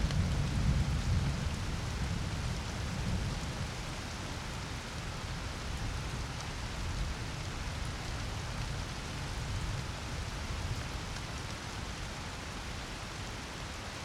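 A night storm with swollen, torrential streams: a dense, unbroken rush of water fills the whole clip, heaviest in the low rumble. A deeper surge swells in the first few seconds, then the roar settles into a steady, even wash.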